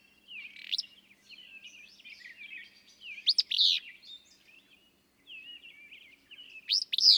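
Willow flycatcher song: three harsh, burry phrases spread throughout, each a quick sharp note run into a buzz, among continuous twittering of other birds.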